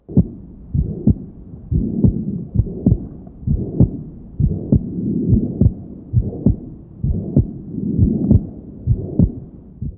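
Heart sounds of an adult, heard through a stethoscope.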